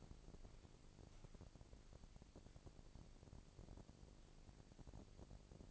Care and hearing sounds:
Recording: daily activity, microphone in the room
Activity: walk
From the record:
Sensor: 5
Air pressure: 1012.3 hPa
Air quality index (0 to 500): 164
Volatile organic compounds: 2 ppm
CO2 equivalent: 1120 ppm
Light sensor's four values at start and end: 344/833/354/395 and 346/836/356/397

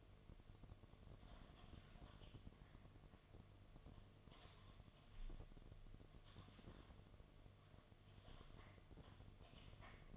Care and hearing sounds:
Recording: daily activity, microphone in the room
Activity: typing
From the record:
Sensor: 4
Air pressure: 1005.2 hPa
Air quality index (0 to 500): 182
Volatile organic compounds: 5 ppm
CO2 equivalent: 1791 ppm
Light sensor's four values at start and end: 6/12/5/4 and 6/12/5/4

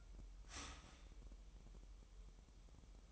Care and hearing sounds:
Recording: daily activity, microphone in the room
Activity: start toaster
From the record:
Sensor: 1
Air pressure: 988.6 hPa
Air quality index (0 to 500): 196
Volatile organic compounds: 922 ppm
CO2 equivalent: 5224 ppm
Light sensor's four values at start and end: 25/94/35/37 and 25/94/35/37

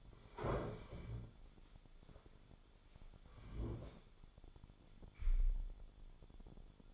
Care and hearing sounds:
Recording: daily activity, microphone in the room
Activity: sit down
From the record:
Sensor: 5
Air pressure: 1015.4 hPa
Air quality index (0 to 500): 175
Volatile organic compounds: 6 ppm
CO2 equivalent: 1902 ppm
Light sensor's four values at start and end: 36/83/34/32 and 37/83/34/32

